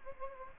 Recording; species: mosquito wingbeat signal from an infrared sensor; Anopheles gambiae